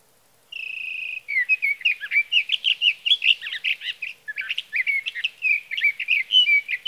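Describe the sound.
Sage thrasher song opening with a steady held whistle, then a long, hurried jumble of warbling, chattering notes that continues to the end.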